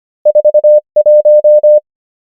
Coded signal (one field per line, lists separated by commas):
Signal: Morse code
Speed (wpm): 25 wpm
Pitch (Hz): 600 Hz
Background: none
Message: 4 1